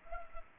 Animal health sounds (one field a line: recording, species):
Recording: mosquito wingbeat signal from an infrared sensor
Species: Culex pipiens